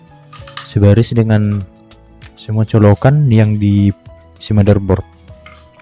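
A metal I/O shield, with cutouts lined up to the motherboard's rear connectors, is handled and pressed toward the rear opening of a PC case while someone talks over background music. Faint handling taps are heard, but nothing has seated or clicked yet.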